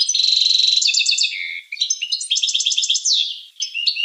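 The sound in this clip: Finch singing a dense run of rattling trills and twitters, with a brief dip midway and then more sweeping chirps and buzzy notes.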